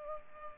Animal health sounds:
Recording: mosquito wingbeat signal from an infrared sensor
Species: Culex pipiens

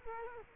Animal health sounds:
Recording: mosquito wingbeat signal from an infrared sensor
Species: Culex quinquefasciatus

